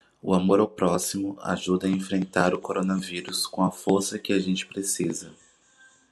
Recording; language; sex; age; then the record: spoken sentence; Brazilian Portuguese; male; 30 to 39 years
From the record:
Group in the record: control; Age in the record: 31 years